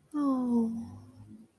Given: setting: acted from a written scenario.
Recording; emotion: vocal sound without words; sympathy